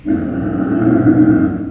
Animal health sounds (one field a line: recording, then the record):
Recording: squeal of a Yucatan mini pig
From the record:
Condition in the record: after surgery on the right vocal fold (resection and tissue-engineered implant)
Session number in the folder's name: 3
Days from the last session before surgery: 21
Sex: female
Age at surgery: 19 weeks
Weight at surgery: 25 kg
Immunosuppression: prednisolone